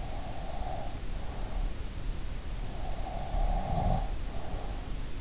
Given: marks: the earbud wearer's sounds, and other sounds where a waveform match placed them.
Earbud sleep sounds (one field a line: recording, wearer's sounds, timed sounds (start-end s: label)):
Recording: sounds in sleep by an in-ear microphone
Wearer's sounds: breath, snoring breath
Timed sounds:
0.00-1.59 s: breath
3.16-4.71 s: breath
3.71-4.10 s: snoring breath